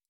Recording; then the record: hydrophone in a shrimp aquaculture tank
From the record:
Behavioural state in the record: stressed